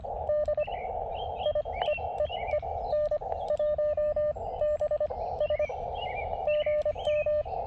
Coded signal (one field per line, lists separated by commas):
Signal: Morse code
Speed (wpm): 25 wpm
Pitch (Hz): 600 Hz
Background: radio noise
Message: D I E E E N 1 B S GM